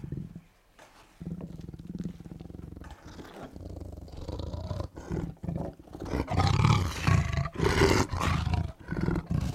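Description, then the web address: Tiger calling: quiet low rumbles at first, then a run of loud, throaty roars with gravelly texture in the second half. "big cats|tigers"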